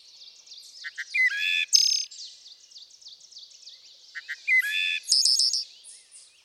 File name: Wood Thrush